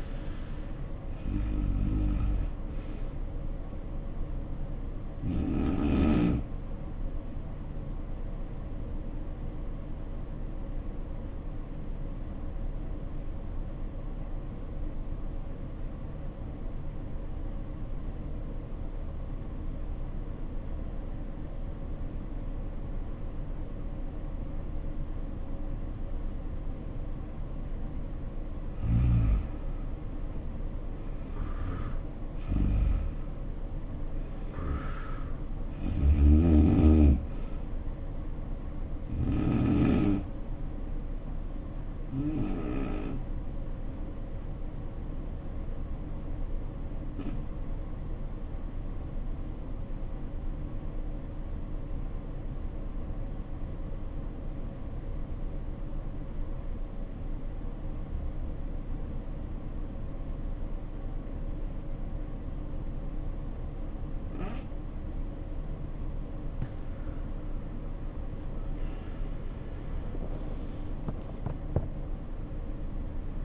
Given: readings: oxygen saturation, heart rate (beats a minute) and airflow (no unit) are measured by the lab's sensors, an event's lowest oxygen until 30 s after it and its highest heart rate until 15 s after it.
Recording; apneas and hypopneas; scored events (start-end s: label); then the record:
breathing in sleep by a smartphone at the bedside; 2
14.00-29.10 s: obstructive apnea (N2, oxygen 94% highest, then 77% lowest, heart rate 61 at the start, 76 highest)
22.00-52.00 s: new sleep stage, N1 (lightest sleep)
49.00-65.50 s: obstructive apnea (N1, oxygen 93% highest, then 72% lowest, heart rate 60 at the start, 79 highest)
52.00-73.45 s: new sleep stage, awake
60.00-73.45 s: awake
From the record:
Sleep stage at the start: N2 (light sleep); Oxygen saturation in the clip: 72 to 94%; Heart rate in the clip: 57 to 79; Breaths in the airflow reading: 9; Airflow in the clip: -9.1 to 15.2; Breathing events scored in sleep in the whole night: 520 in 7.2 hours asleep